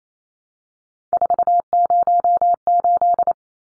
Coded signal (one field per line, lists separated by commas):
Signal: Morse code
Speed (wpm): 28 wpm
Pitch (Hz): 700 Hz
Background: none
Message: 408